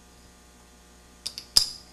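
An aftermarket cross-bolt safety is pushed into a metal rifle trigger housing while the detent plunger is held down. Two light metallic ticks come at about 1.3 and 1.4 seconds, then a sharp metallic click at 1.6 seconds as the safety snaps into place. It is seated.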